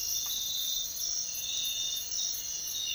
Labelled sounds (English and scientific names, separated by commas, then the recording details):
none
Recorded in dense forest near Puerto Asís, Putumayo, Colombia, on 13 March 2025 at 06:00
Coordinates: 0.500, -76.322
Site GP06